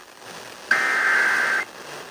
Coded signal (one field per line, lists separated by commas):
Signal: Emergency Alert System (SAME) tones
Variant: header bursts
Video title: EAS #2936 Severe Thunderstorm Warning on WZOK 6-16-24